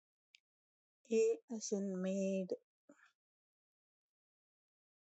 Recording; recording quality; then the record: sustained vowel as in made; moderate, slight background noise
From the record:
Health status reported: healthy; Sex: female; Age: 49 years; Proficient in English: yes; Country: India